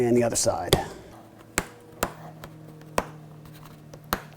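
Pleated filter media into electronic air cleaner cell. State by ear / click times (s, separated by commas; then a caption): seated / 1.6 s, 3.0 s, 4.1 s. Pleated filter media for an AprilAire 501 is pushed down gently and snapped into place on its second side in an electronic air cleaner cell. Someone talks briefly at the start, and then sharp snaps sound at about 1.6, 3.0 and 4.1 seconds, with softer taps between them. The media is confirmed seated.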